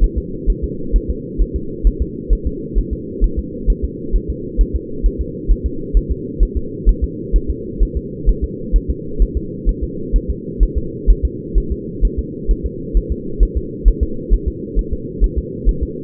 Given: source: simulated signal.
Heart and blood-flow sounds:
fetal heart sounds
0.04 s: S1
0.18 s: S2
0.50 s: S1
0.64 s: S2
0.96 s: S1
1.10 s: S2
1.42 s: S1
1.56 s: S2
1.87 s: S1
2.02 s: S2
2.33 s: S1
2.47 s: S2
2.78 s: S1
2.93 s: S2
3.24 s: S1
3.39 s: S2
3.70 s: S1
3.85 s: S2
4.16 s: S1
4.30 s: S2
4.61 s: S1
4.76 s: S2
5.06 s: S1
5.21 s: S2
5.51 s: S1
5.66 s: S2
5.97 s: S1
6.11 s: S2
6.43 s: S1
6.57 s: S2
6.89 s: S1
7.04 s: S2
7.36 s: S1
7.50 s: S2
7.83 s: S1
7.97 s: S2
8.29 s: S1
8.44 s: S2
8.76 s: S1
8.90 s: S2
9.22 s: S1
9.37 s: S2
9.69 s: S1
9.83 s: S2
10.16 s: S1
10.30 s: S2
10.63 s: S1
10.78 s: S2
11.11 s: S1
11.25 s: S2
11.58 s: S1
11.72 s: S2
12.05 s: S1
12.19 s: S2
12.51 s: S1
12.66 s: S2
12.97 s: S1
13.12 s: S2
13.43 s: S1
13.57 s: S2
13.88 s: S1
14.03 s: S2
14.34 s: S1
14.48 s: S2
14.79 s: S1
14.93 s: S2
15.24 s: S1
15.38 s: S2
15.69 s: S1
15.83 s: S2
From the record:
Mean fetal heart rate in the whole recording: 130 bpm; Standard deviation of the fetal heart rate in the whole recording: 2 bpm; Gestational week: 36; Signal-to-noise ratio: -4.3 dB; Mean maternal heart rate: 72 bpm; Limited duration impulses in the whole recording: absent

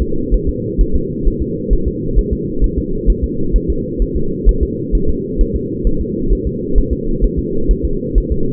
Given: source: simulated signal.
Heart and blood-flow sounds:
fetal heart sounds
0.02 s: S2
0.34 s: S1
0.49 s: S2
0.81 s: S1
0.95 s: S2
1.27 s: S1
1.42 s: S2
1.73 s: S1
1.88 s: S2
2.19 s: S1
2.33 s: S2
2.64 s: S1
2.78 s: S2
3.10 s: S1
3.24 s: S2
3.56 s: S1
3.70 s: S2
4.02 s: S1
4.17 s: S2
4.49 s: S1
4.63 s: S2
4.95 s: S1
5.09 s: S2
5.41 s: S1
5.56 s: S2
5.87 s: S1
6.01 s: S2
6.33 s: S1
6.47 s: S2
6.78 s: S1
6.93 s: S2
7.24 s: S1
7.39 s: S2
7.71 s: S1
7.85 s: S2
8.18 s: S1
8.32 s: S2
From the record:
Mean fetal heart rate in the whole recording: 130 bpm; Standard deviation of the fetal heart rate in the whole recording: 2 bpm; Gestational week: 36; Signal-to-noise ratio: -8.1 dB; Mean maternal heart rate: 72 bpm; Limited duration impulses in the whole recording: absent

